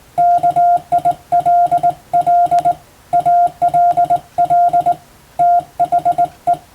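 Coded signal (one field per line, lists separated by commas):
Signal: Morse code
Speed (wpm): 21 wpm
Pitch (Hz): 700 Hz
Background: none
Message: KILL ALL THE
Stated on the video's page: Morse code practice for a Japanese radiotelegraph exam, recorded on the air via amateur radio.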